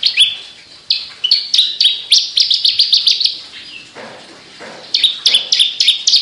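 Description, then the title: Javan bush lark singing quick bursts of bright chirps and slurred whistles, a run of rapid notes, a brief pause, then another burst. Described as singing 'gacor', meaning constant lively singing. "Branjangan Gacor Petir 1"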